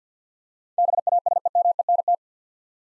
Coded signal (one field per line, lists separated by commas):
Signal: Morse code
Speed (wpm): 50 wpm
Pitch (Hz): 700 Hz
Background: none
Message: BASEMENT